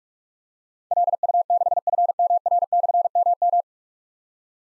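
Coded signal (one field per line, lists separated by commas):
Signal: Morse code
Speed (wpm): 44 wpm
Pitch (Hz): 700 Hz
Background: none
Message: LU6FMR/MM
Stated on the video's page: Morse practice at 45 WPM: difficult call signs with slashes, each sent in Morse, then spoken, then sent again.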